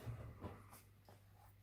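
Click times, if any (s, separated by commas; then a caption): none. A remaining gap along the plastic bottom cover of an HP Omen 17 laptop is being handled, so the clip there can be pressed into the chassis and close the cover. A steady low hum runs throughout, with soft handling rustles and light taps near 0.1, 0.45, 0.75 and 1.1 seconds. The clip has not snapped in or seated yet.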